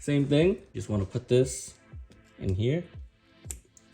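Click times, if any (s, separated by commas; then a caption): 3.5 s. Someone talks while pushing the shift cable end, fitted with a new Acuity polyurethane shift linkage bushing, onto the transmission shift linkage ball stud under the hood of a 2021 Honda Civic Type R (FK8). A sharp tick at 3.5 s marks the bushing end snapping into place, followed by a fainter tick at 3.8 s. The cable end is seated and the install is complete.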